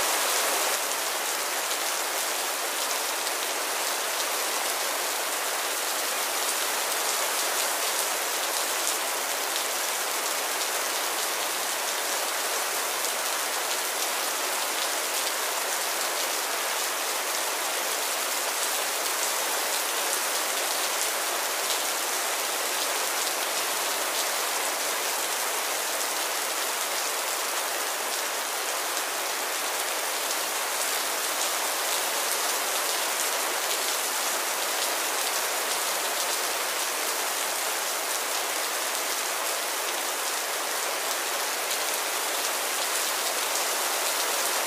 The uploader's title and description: SPRING AMBIENCE RAIN SOUNDS. SPRING MORNING RAINLY DAY